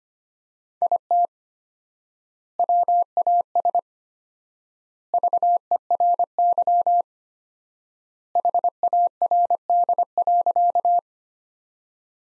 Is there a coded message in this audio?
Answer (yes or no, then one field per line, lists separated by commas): yes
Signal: Morse code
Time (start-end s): 0.8-11.0 s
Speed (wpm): 25 wpm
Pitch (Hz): 700 Hz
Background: none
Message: IT WAS VERY HARD.